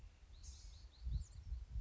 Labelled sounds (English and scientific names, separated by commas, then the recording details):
Blue-gray Gnatcatcher (Polioptila caerulea)
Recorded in Sonoma County, California